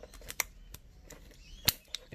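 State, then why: Released. The lock pin on a pressure washer hose coupling, fitted to a short gun conversion adapter for a Karcher or Gerni, is pulled back out to show the unlocked state. Sharp plastic clicks ring out at 0.4 s and 1.7 s among a few softer ticks, and the coupling is left released and unlocked.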